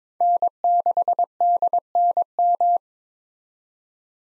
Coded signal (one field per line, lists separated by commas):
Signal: Morse code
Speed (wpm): 22 wpm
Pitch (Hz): 700 Hz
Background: none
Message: N6DNM